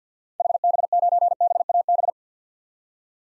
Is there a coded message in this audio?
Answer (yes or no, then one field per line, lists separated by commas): yes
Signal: Morse code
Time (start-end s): 0.4-2.1 s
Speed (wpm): 50 wpm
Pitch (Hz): 700 Hz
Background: none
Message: HB9BAB